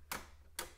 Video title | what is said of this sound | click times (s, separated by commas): Epson XP-4200 Printer: Unboxing + Full Wi-Fi Setup + How to Print and Scan | until this Clicks in place like a prop | 0.1 s, 0.6 s